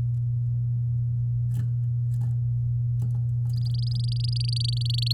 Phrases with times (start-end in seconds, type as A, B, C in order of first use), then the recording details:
3.53-5.12 A. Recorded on 8 May 2018 at 14:54. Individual llb16